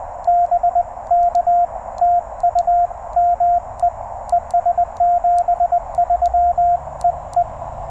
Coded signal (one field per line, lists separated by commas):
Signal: Morse code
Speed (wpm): 17 wpm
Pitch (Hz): 690 Hz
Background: radio noise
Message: BK TU ME ES 73 EE